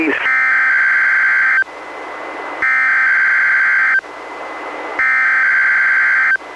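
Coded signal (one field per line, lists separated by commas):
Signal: Emergency Alert System (SAME) tones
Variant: header bursts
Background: speech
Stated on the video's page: NOAA Weather Radio required weekly test, received on a Reecom R-1630 weather radio and recorded via a Zoom H1 recorder.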